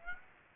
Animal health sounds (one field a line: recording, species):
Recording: mosquito wingbeat signal from an infrared sensor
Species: Aedes aegypti